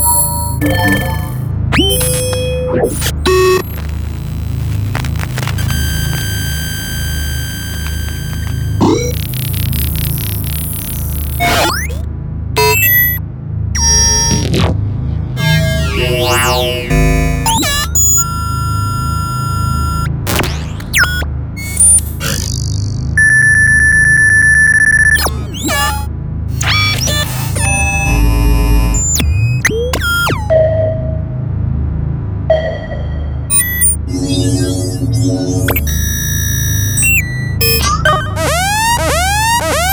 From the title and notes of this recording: Sci Fi Interface Sound Effects. Alarms, data processing, beeps, buzzing high pitch sounds, transmission clicks, transitions, sonar pings. All sounds were recorded using various sources hardware synths, electromagnetic field sounds...